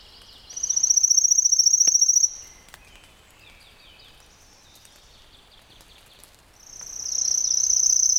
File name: warbler-pale-legged-leaf a-Phylloscopus-tenellipes